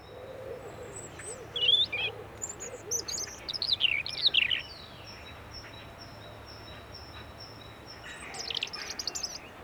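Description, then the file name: European robin delivering high, sliding, warbling phrases with thin whistles. "Erithacus rubecula"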